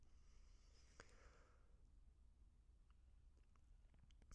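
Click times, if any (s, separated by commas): 1.0 s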